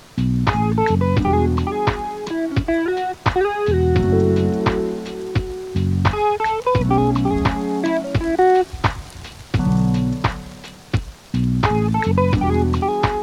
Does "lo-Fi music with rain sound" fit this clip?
yes